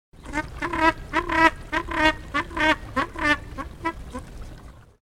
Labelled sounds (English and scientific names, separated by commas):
Southern Rockhopper Penguin (Eudyptes chrysocome)